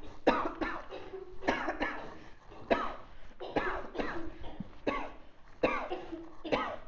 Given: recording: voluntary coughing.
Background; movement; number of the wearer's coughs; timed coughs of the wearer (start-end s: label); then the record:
a bystander coughing; walking; 10
0.24-0.53 s: cough
0.60-0.80 s: cough
1.46-1.75 s: cough
1.79-2.13 s: cough
2.68-2.98 s: cough
3.53-3.85 s: cough
3.96-4.36 s: cough
4.85-5.18 s: cough
5.61-6.02 s: cough
6.49-6.79 s: cough
From the record:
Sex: female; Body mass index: 36.4 kg/m2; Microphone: on the chest, facing outward